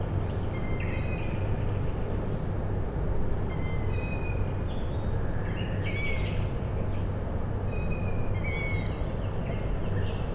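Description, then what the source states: Owl chicks calling with short, grating squeaks repeated several times above a droning low background hum. Owl chicks calling at night, Tuesday 21 May 2019, Michałkowice, Siemianowice Śląskie, Poland; industrial plant in background; recorded with Zoom H5 and Audio-Technica BP4025.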